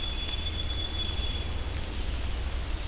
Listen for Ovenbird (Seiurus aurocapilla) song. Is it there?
no